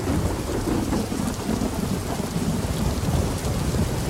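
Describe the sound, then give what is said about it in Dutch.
A thunderstorm in full swing: steady heavy rain hisses and patters while low thunder rumbles and crackles underneath, loud and continuous with no voices. “Dit is wel echt een goede knetterpartij ook, zeg.”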